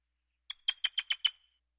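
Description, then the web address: Pyrrhuloxia giving a quick run of six sharp, metallic chip notes within under a second, then silence. "pyrruhuloxia cardinal"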